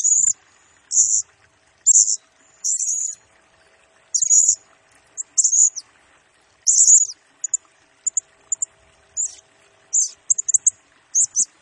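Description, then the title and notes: Blue-crowned hanging parrot singing in thin, piercing high notes, mixing longer buzzy squeals with quick clipped tsit notes at uneven intervals. Serindit in 'gacor' (constantly singing) and 'nembak' rapid-fire style; recording used as a 'pemikat' lure and 'nasteran' tutor for training birds, said to agitate all birds. "Burung Serindit Nembak Gacor Bikin Emosi Semua Burung. Suara Nasteran Dan Pemikat Burung Serinditan Gacor"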